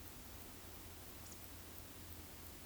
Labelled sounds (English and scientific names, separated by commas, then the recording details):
Eurasian Woodcock (Scolopax rusticola) whistle
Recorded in Baden-Württemberg, Germany, on 13 June 2021 at 20:01 UTC
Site 23718, 552 m above sea level